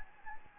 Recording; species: mosquito wingbeat signal from an infrared sensor; Anopheles gambiae